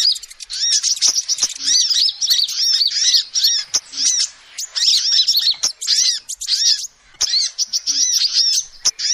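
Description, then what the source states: Lovebird twittering: a steady flood of high squeaky notes and chirps, pausing briefly now and then, with some clicks. Lovebird calls used as a lure to trap birds.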